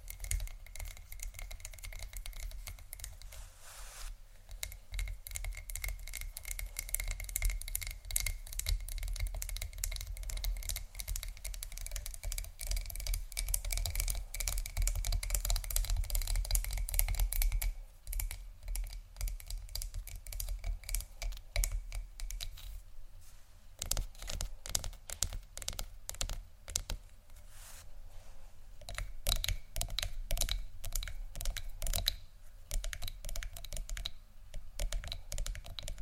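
Scratching and tapping on tingly textures, a dense run of quick, crisp clicks and scrapes that sounds almost like fast typing. A thin steady tone and a low hum sit underneath for the first twenty seconds, with brief pauses near 4, 18 and 24 seconds.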